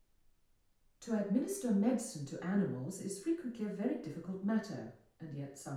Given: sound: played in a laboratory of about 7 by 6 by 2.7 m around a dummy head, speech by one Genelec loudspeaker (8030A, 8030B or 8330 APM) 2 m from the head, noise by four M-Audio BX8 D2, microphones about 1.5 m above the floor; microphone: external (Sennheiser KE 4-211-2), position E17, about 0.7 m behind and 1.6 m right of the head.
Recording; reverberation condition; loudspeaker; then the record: female speech in English; medium; in front (0 degrees)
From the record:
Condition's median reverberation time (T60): about 510 ms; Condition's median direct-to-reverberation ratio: about -0.5 dB